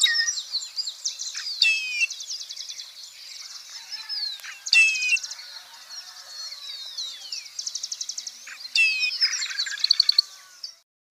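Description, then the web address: Black-and-white Seedeater song: high, varied twittering phrases mixing fast buzzy trills and sliding whistles, delivered in bursts separated by short pauses. Recorded in Ecuador. "Natures Songs S America Birds of Ecuador 715 Black-and-white Seedeater"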